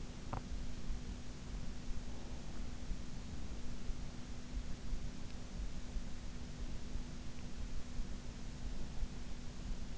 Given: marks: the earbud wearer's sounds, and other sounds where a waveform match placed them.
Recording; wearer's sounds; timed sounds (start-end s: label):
sounds in sleep by an in-ear microphone; teeth grinding
0.00-0.76 s: teeth grinding